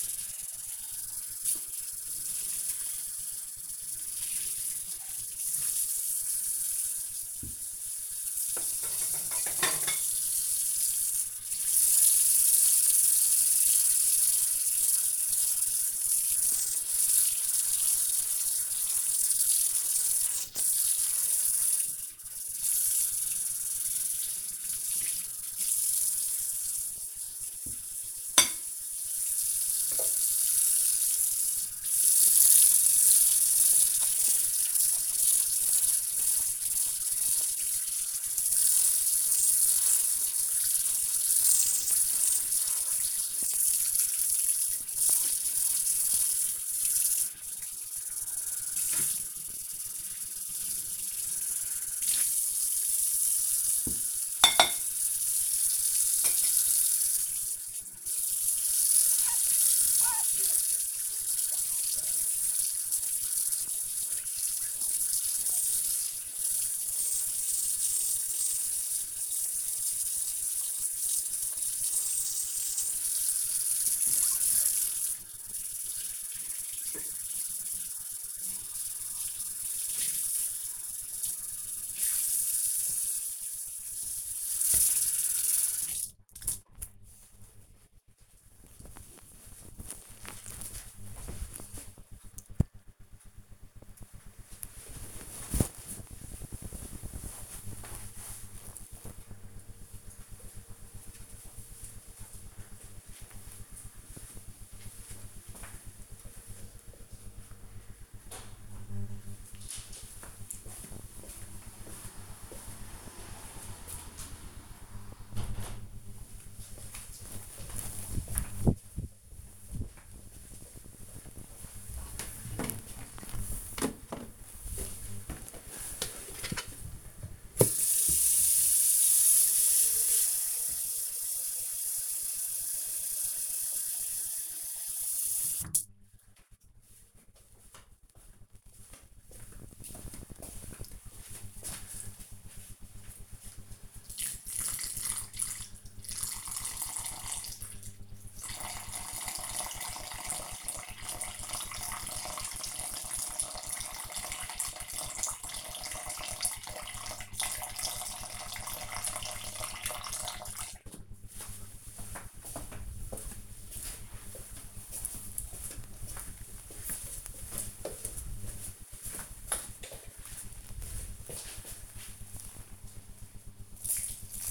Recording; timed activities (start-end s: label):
household activities, microphone on the right wrist
0.00-85.78 s: washing dishes
129.10-174.51 s: watering plant